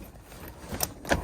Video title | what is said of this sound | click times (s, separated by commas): Brella Shield Windshield Sun Shade Review | push the button and manually extend it until it clicks | 0.8 s, 1.1 s